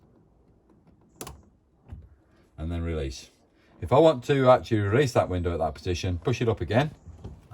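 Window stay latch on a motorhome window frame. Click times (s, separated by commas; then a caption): 1.2 s. The plastic stay latch on a window of a 2016 Chausson Flash 610 motorhome clicks once into its open position as the window is pushed slightly outward, with a sharp click at 1.2 s. Afterward, someone talks.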